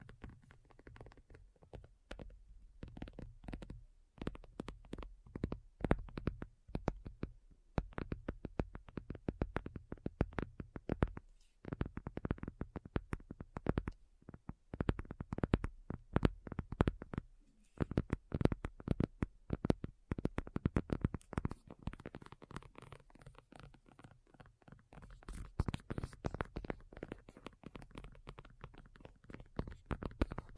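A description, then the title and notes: ASMR tapping: dense, irregular bursts of sharp fingertip taps with a low thumpy body, briefly pausing near eleven and twenty-five seconds. ASMR Addictive Tapping.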